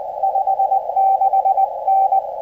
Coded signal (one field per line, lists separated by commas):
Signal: Morse code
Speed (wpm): 21 wpm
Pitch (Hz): 750 Hz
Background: radio noise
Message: 56N